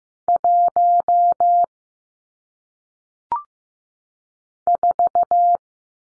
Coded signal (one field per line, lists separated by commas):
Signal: Morse code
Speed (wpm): 15 wpm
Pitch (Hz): 700 Hz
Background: none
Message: 1 4